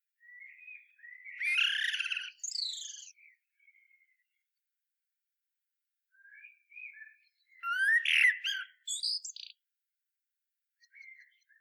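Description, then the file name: Common blackbird singing two phrases, with quiet mellow warbling followed by loud, rich notes and a squeaky high twitter, with a long pause between them. "Turdus merula"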